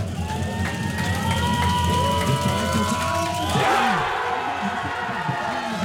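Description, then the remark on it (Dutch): A packed terrace crowd of Dutch fans in Belgium roars and cheers in a sustained, loud wave, shouting voices blending into a dense wall of noise that swells further partway through as the Netherlands' 1-0 goal against Austria is celebrated. “Het hele terras in België vol met Nederlanders juicht bij de 1-0 voor Nederland tegen Oostenrijk.”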